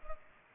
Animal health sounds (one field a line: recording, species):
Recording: mosquito wingbeat signal from an infrared sensor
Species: Culex pipiens